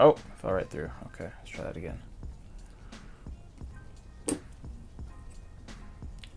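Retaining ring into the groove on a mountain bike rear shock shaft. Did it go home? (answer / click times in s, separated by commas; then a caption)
yes / 4.3 s. A retaining ring is pushed down the shaft of a RockShox Super Deluxe mountain bike rear shock into its deepest groove on a second attempt, after the first try fell right through. Someone talks, then one loud, sharp snap at 4.3 s marks the ring seating in the groove.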